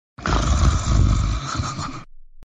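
A single low, rumbling snore from an adult sleeper.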